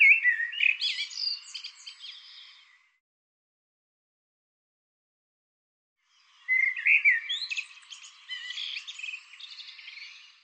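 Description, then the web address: Bird song in two phrases: a rapid tumbling twitter, a pause of a few seconds, then another busy phrase of chirps and trills. "cianscape birddata Deverinetal 2025 Bird Tu Me Tu Me"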